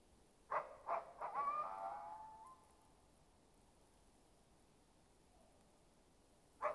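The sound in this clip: Animal calling: three quick calls lead into a brief wavering call that fades, then quiet until a single sharp call at the end.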